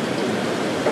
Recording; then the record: background sound without coughing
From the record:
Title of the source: Office Sounds Ambience - Background Noise for Study and Work